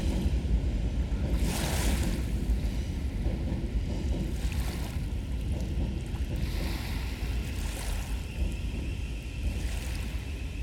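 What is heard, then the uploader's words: Waves lap on a tidal river beach under a steady low rumble that fills the bottom end throughout. Soft washes of water rise and fall every couple of seconds, around 2, 4.5, 6.5 and 8 seconds, over a constant, wind-touched roar. River Thames tidal beach, London, UK. By Joe Harvey-Whyte. Made on the tidal beach on the river Thames watching people mudlarking just under Waterloo bridge.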